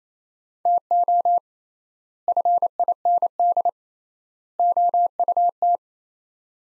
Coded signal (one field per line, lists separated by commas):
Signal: Morse code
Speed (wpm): 28 wpm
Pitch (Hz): 700 Hz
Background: none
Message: TO FIND OUT